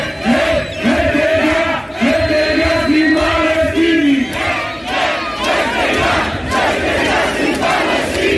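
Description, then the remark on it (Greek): A large protest crowd chants the slogan "Freedom for Palestine" (Λευτεριά στην Παλαιστίνη) in unison, voices rising and falling in a steady repeated rhythm over a loud, continuous roar of many people. “και λέει, με φωνάζει με ένα μόνο σύνθημα: Λευτεριά στην Παλαιστίνη.”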